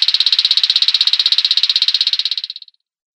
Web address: Schulze Peter Striped Crake display